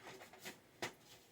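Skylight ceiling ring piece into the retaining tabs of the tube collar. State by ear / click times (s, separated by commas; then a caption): seated / 0.8 s. A skylight ceiling ring trim piece is fitted between the small retaining tabs of the tube collar and pushed until it snaps into place. Soft rubbing and scraping lead up to one sharp click at 0.8 s, and the ring is seated.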